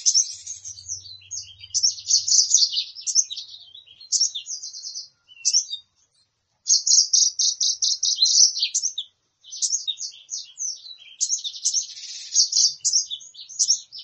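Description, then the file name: Sunbird song, a fast, high, tinkling twitter of sharp notes running almost continuously with a few short breaks. Sunbird sound intended for luring birds and provoking them to call. "suara burung madu untuk memancing bunyi"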